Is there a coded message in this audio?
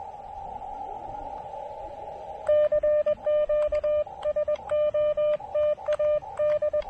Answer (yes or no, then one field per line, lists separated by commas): yes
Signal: Morse code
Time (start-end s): 2.5-6.8 s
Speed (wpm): 21 wpm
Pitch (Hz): 600 Hz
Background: radio noise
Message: CQ SOTA D